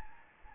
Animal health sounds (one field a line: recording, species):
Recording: mosquito wingbeat signal from an infrared sensor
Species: Anopheles gambiae